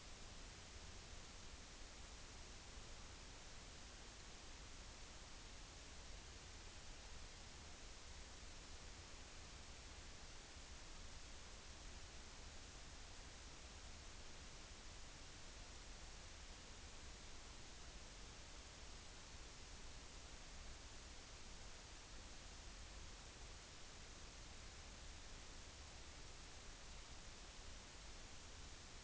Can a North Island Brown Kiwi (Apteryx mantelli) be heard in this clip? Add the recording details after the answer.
no. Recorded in New Zealand on 29 April 2013. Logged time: 02:19